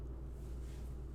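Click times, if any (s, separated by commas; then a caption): none. A replacement plastic nozzle is being pushed hard onto the front of a spray foam dispensing gun. Only a steady low hum and broadband background noise are heard, with no sharp transients. Nothing has clicked or seated yet.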